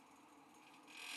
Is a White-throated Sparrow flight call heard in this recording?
no